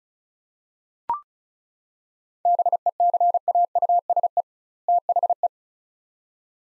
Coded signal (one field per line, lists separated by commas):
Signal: Morse code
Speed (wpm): 36 wpm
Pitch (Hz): 700 Hz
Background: none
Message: BECAUSE THE